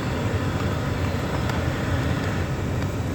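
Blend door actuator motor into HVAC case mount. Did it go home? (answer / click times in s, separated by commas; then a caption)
no / none. A replacement passenger-side blend door actuator motor with a plastic housing is handled at its mount on the HVAC case behind the dash of a 2016 Ford Explorer. Only a steady, broadband, low-heavy rumble is heard, with no distinct snap or click. Nothing has seated or clicked yet.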